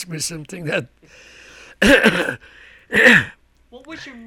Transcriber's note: he coughs